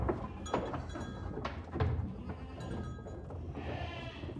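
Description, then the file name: Goat bleat, a single wavering, nasal cry near the end, after scattered knocks and thuds. A herd of goats moving out. "Goat herd move out"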